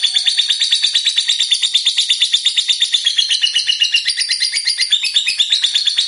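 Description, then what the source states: Lovebird song, a continuous rapid chatter of high buzzy notes, steady and fast, varying slightly in pitch. Fighter lovebird described as gacor, meaning singing energetically.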